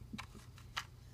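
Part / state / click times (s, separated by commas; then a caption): thumbstick cap onto game controller stick post / seated / 0.2 s, 0.8 s. A new plastic thumbstick cap is pushed onto a game controller's stick post, giving sharp clicks at 0.2 s and 0.8 s, with a fainter tick near 0.6 s. The new thumbstick clicks back into place and is seated.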